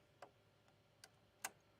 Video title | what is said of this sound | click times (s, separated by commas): Stitching with SNL - Discover the Babylock Applaud! | it's going to click in there and it's actually in there all right | 1.5 s